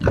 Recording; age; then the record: pig call; growing-finishing pig (85 days or more)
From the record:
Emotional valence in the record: positive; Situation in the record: run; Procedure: transit